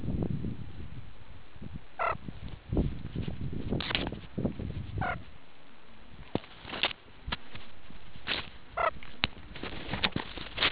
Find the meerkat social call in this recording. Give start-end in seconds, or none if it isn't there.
none